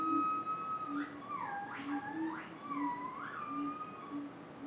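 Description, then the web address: Monkey calls: long wavering tonal notes with sharp upward sweeps and falling slides, over a broken low hum throughout. Monkeys in a jungle. "Adobe CC. Animal Ambience Monkeys In Jungle"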